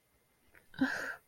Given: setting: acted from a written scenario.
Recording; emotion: vocal sound without words; shame